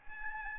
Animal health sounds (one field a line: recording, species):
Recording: mosquito wingbeat signal from an infrared sensor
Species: Aedes albopictus